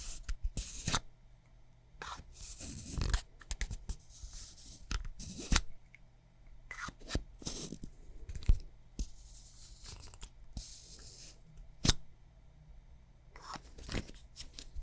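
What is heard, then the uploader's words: Crisp scratching and tapping on makeup items comes in short bursts and sharp clicks over a faint low hum. ASMR Makeup Triggers For Sleep Tapping, Scratching, etc (No Talking).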